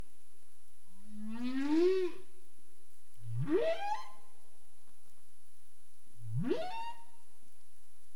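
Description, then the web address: Humpback whale calls: a long low moan rising slowly, then two sharp upsweeps climbing from a deep growl into a bright, harmonic-rich whoop, about three seconds apart. Recorded 27 April 2035 at 21:47:31 UTC. "CARIMAM. humpback whale 20350427 214731 UTC"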